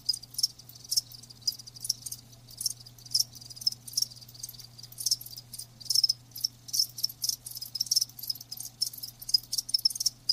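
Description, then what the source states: Cricket chirps in short high-pitched bursts, repeated many times, over a steady low hum. Live crickets chirping.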